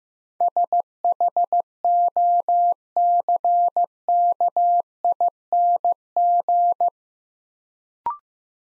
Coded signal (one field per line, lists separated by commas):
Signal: Morse code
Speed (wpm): 15 wpm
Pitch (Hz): 700 Hz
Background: none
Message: SHOCKING